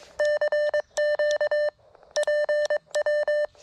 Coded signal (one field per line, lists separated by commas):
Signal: Morse code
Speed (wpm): 22 wpm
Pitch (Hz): 600 Hz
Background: none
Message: CQ PW